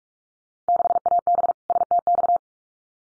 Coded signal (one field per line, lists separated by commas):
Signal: Morse code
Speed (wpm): 44 wpm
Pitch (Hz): 700 Hz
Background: none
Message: 6AB STX